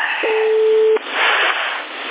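A single steady, low-pitched telephone line tone holds for under a second, then cuts off, leaving a thin, hissy phone-line noise with a faint murmur.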